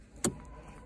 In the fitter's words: so something popped on